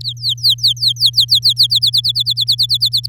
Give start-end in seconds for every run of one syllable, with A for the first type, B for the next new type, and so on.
0.03-1.53 A, 1.56-3.06 B